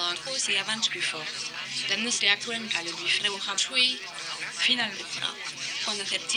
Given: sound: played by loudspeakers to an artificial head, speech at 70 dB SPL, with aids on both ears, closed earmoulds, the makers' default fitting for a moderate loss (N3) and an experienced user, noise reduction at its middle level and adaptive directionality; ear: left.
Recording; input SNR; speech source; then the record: speech test signal (ISTS) in cocktail-party noise; +3 dB; in front (0 degrees)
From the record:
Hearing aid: class 2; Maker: A